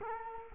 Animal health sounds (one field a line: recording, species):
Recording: mosquito wingbeat signal from an infrared sensor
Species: Culex quinquefasciatus